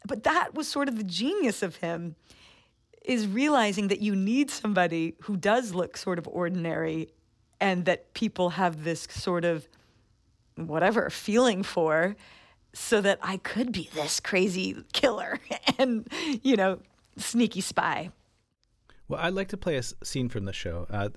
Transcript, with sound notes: But that was sort of the genius of him, is realizing that you need somebody who does look sort of ordinary and that people have this sort of whatever feeling for, so that I could be this crazy killer (laughter) and, you know, sneaky spy.
Well, I'd like to play a scene from the show.